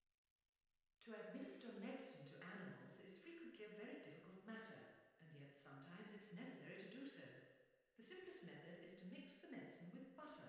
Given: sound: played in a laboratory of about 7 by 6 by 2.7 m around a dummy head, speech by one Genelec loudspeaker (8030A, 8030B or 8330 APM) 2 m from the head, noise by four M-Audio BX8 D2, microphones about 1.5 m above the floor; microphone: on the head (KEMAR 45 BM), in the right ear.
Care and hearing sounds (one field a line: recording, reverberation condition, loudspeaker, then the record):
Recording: female speech in English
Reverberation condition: high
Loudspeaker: behind (180 degrees)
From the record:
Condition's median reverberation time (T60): about 1300 ms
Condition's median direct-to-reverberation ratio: about -4.0 dB